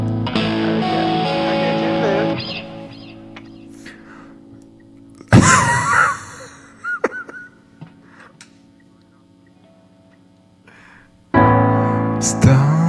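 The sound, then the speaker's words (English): Heavy breathing: one loud, rough, breathy exhale cuts in after music stops, followed by a few faint puffs and quiet before the music starts again. “I'm breathing heavy.”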